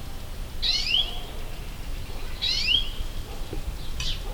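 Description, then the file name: European greenfinch giving two clear nasal, sweeping call notes about two seconds apart, followed by a fainter short note, over a steady low background hiss. "Chloris chloris"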